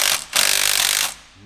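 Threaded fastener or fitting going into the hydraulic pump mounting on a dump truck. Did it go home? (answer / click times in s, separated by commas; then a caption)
no / none. A metal threaded fastener or fitting is being driven by hand and with tools into the hydraulic pump mounting on a dump truck. A harsh, rapid, broadband mechanical rattle runs from 0.0 to 0.15 s and again from about 0.35 to 1.1 s, with sharp ticks at 0.5 and 1.0 s, then fades to a low hum. It goes in cross-threaded, so the thread never engages properly and nothing seats or clicks.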